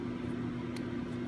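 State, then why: Not seated. The plastic back cover of a Vantrue N1 dash camera is handled as it is pressed back onto the housing after a battery replacement. A steady low hum runs throughout, with one brief faint tap at 0.8 s. Nothing has seated or clicked yet; the cover is not yet home.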